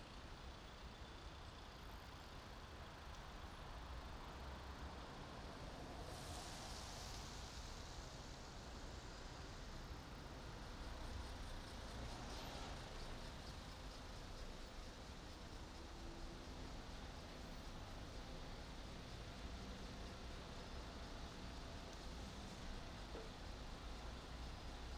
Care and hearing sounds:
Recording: everyday scene through a hearing-aid microphone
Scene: in traffic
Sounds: traffic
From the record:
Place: main city hub, rush hour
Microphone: in the ear canal, right

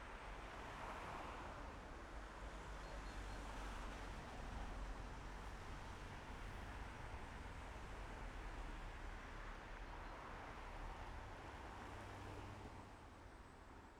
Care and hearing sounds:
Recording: everyday scene through a hearing-aid microphone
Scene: in traffic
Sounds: traffic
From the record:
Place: main road on the outskirts, rush hour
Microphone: behind the ear, left, rear

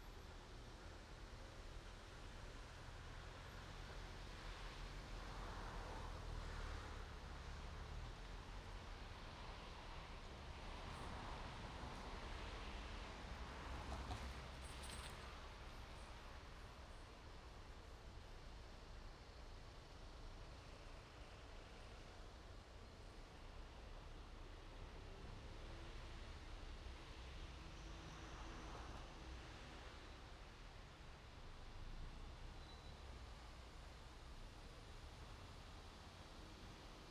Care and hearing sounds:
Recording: everyday scene through a hearing-aid microphone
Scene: in traffic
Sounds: traffic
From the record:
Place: main road on the outskirts, rush hour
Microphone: in the ear canal, right

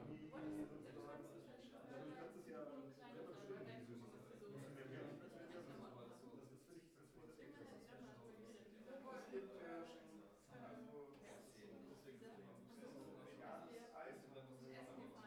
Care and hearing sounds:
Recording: everyday scene through a hearing-aid microphone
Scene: many people talking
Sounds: many voices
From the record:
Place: bistro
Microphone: behind the ear, right, front

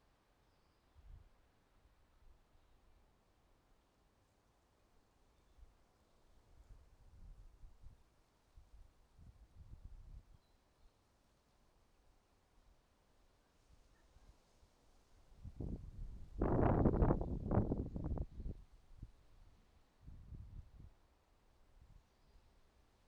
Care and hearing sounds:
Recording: everyday scene through a hearing-aid microphone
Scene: wind on the microphone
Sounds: wind, traffic, birds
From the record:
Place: suburban garden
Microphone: in the ear canal, right

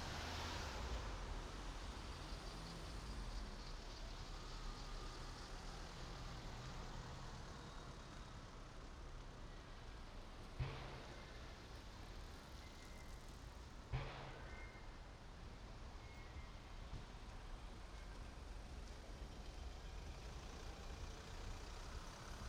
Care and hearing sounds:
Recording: everyday scene through a hearing-aid microphone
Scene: in traffic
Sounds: traffic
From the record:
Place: main road on the outskirts, rush hour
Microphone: in the ear canal, right

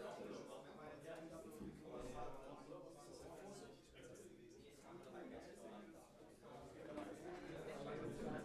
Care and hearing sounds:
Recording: everyday scene through a hearing-aid microphone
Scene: many people talking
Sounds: many voices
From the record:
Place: bistro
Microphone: behind the ear, left, rear

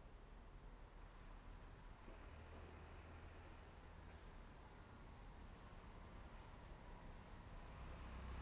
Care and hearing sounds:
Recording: everyday scene through a hearing-aid microphone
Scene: in traffic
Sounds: traffic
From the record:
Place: main road on the outskirts, rush hour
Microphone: behind the ear, left, front

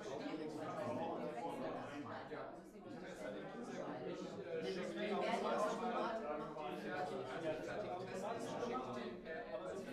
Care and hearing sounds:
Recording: everyday scene through a hearing-aid microphone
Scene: many people talking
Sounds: many voices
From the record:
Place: bistro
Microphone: behind the ear, right, front

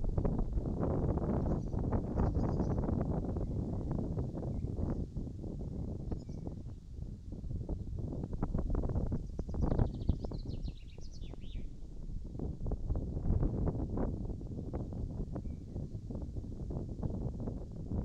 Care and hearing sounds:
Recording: everyday scene through a hearing-aid microphone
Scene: wind on the microphone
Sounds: wind, birds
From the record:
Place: in front of a rural house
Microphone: in the ear canal, right

